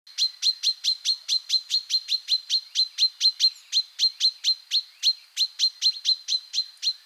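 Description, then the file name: Common chaffinch calls: sharp, bright 'pink' notes repeated many times at a steady pace throughout, with no other clear sounds. "Fringilla coelebs"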